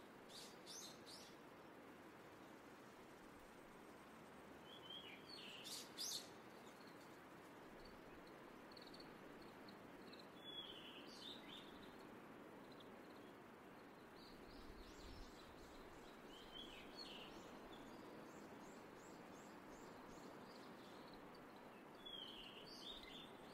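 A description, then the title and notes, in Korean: Outdoor nature sounds on Jeju island: a steady, dense rushing fills the low and middle range throughout, like wind or moving water. Bright bird chirps and short calls break in over it every few seconds, clustering near the start, around the middle and toward the end. 제주 자연의 소리.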